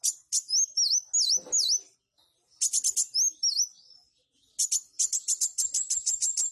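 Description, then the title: Purple-throated sunbird song: high, sharp chips followed by dipping V-shaped whistles, repeated after a pause, then a fast run of bright, repeated ticking notes. "Kolibri Wulung"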